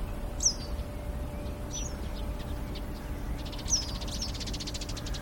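Western yellow wagtail with high, slurred chirps followed by a fast buzzy trill of rapid pulses near the end, against a low rumbling background.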